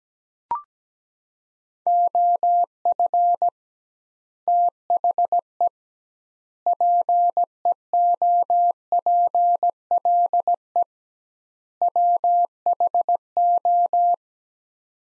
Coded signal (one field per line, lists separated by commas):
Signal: Morse code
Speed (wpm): 17 wpm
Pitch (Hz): 700 Hz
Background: none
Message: OF THE PEOPLE WHO